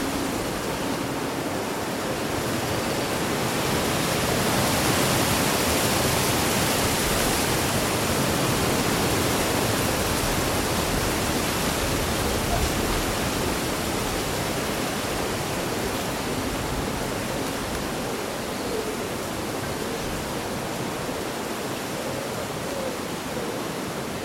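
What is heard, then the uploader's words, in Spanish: Summer wind rushes through leaves in a steady, dense hiss, swelling slightly around five seconds then easing, with no clear birdsong standing out. Un bosque bañado por el sol.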